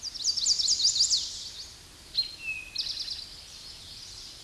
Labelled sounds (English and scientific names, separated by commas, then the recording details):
Eastern Towhee (Pipilo erythrophthalmus) song
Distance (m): 10 m
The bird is about 5 m above the microphone
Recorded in a Pennsylvania forest on 16 May 2024 at 08:21
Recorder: AudioMoth, point MSD-2443
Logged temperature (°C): 16.4 °C
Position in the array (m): 169 m, 190 m